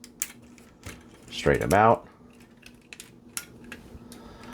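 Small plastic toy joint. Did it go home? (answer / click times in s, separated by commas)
yes / 0.2 s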